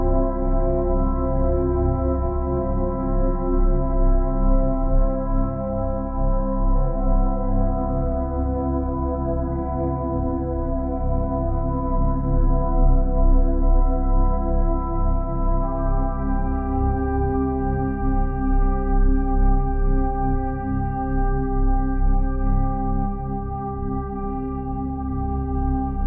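Soft sustained chords hold and shift slowly, with a low steady hum underneath that gently swells and fades. The tones are mellow and smooth, ringing like a bowl, with a change in the chord around fifteen seconds and nothing sharp or bright above.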